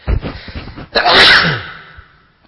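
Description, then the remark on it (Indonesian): A single loud, explosive sneeze bursts out after a brief breathy intake, its sharp hissing spray tapering off over about a second. “Alhamdulillah. Yahdikumullah Islam. Biasanya ya tisu.”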